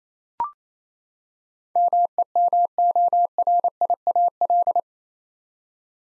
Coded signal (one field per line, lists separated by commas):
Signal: Morse code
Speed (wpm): 28 wpm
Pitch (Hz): 700 Hz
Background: none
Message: MEMORIAL